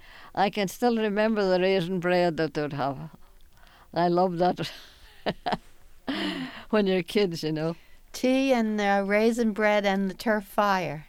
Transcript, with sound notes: And I can still remember the raisin bread that they'd have. I love that... ( she laughs ) When you're kids, you know?
Tea and, uh, raisin bread and the turf fire.